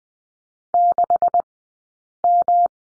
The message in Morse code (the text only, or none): 6M